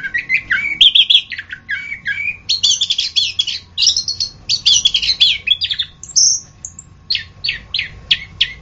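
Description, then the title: Orange-headed thrush song: rapid run of high chattering and whistled notes, some buzzy bursts, then sharper single whistles toward the end. "anis kembang"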